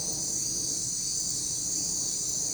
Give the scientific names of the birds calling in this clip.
none